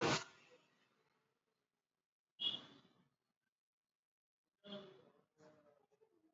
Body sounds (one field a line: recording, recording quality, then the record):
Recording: shallow breathing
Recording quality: moderate, slight background noise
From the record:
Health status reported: exposed to COVID-19, no respiratory illness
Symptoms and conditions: cough, cold, fever, fatigue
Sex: male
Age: 30 years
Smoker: no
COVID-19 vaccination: both doses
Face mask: worn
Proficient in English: yes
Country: India